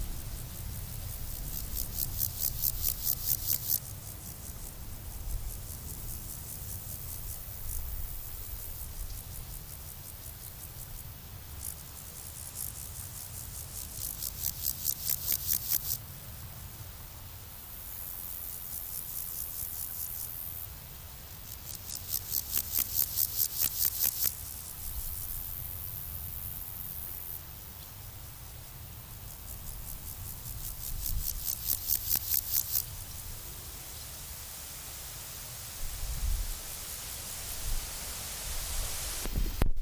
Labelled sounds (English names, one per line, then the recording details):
Water-meadow Grasshopper stridulation
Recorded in the wild
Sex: male
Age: imago
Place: Lübars, Berlin, DE
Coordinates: 52.6167, 13.35
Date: 1998-08-20 13:10
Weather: sonnig, 26°C
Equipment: Marantz CP 430, Sennheiser ME 80, Kopie Uher 4000 Report Monitor
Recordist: Tembrock, Günter